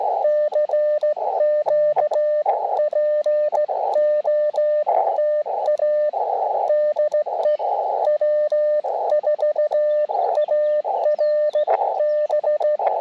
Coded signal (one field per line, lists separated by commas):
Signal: Morse code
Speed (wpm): 16 wpm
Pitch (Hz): 600 Hz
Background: radio noise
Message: CQ POTA DE W4ARB